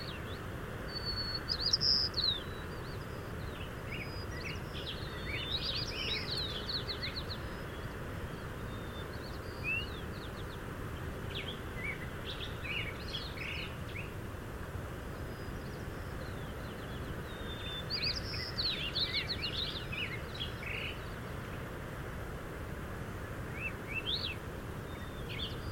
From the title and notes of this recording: Cascade Head in June. This soundscape was recorded June 20th 2023 at Cascade Head on The Oregon Coast.